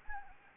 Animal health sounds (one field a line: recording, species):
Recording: mosquito wingbeat signal from an infrared sensor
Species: Anopheles gambiae